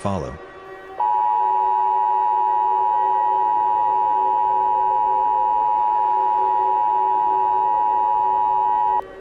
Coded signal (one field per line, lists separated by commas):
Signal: Emergency Alert System (SAME) tones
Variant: 853 and 960 Hz attention tone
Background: speech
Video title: EAS Scenario - Malevolence